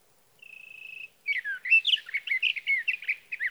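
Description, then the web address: Sage thrasher beginning with a level whistled tone, followed by a rapid, tumbling series of varied warbled notes. "birdsongforthecurious Sage Thrasher"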